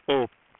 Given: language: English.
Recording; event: throat vibration sensor signal played as sound; speech